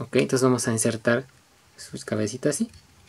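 Someone talks while handling a small plastic Titan Master head figure, bringing it toward the neck port on a toy robot action figure's body. Nothing has seated or clicked yet.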